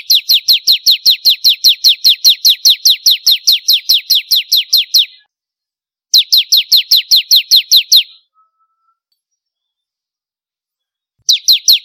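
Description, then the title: Prinia delivering a long unbroken run of rapid, high, downslurred notes for about five seconds, then a shorter burst and the start of another. "Kicau Ciblek Kristal"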